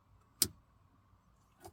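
A white wiring connector is pushed onto the fuel pump module flange of a 2018–2024 Toyota Camry, with its lock facing the front. It seats with one loud, sharp click at 0.4 s, followed by a fainter tick near 1.6 s. The connector is seated and locked.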